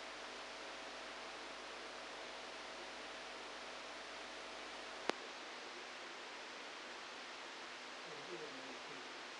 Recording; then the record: brain microelectrode recording played as sound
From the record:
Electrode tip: outside the subthalamic nucleus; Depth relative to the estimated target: 4 mm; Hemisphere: right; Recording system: NeuroSet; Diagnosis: Parkinson's disease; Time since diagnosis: 10 years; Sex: male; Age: 63 years